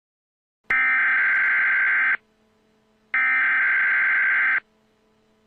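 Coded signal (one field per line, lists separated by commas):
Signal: Emergency Alert System (SAME) tones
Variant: header bursts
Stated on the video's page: Recreated EAS/EBS alert in a film-themed mock, not a real broadcast.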